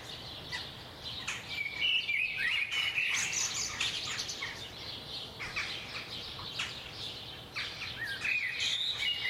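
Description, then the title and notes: Birdsong: a dense dawn chorus of several birds, with sweet whistled phrases and rapid chirps overlapping throughout against a steady soft background hiss. Recorded at 4am. "Birds at 4am by Daniel Sky"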